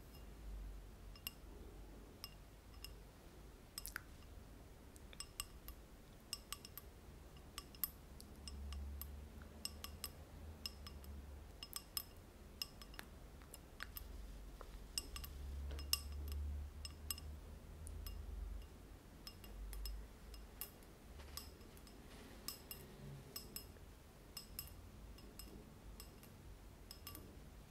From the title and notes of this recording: ASMR Tapping and Scratching Sounds (Glass, Sponge and Purse).